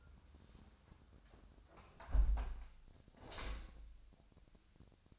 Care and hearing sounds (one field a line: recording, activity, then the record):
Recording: daily activity, microphone in the room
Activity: close window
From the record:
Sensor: 2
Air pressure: 1006.4 hPa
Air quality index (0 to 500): 193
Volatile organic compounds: 12 ppm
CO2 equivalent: 2354 ppm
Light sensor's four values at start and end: 9/21/9/9 and 8/20/8/8